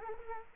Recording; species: mosquito wingbeat signal from an infrared sensor; Culex quinquefasciatus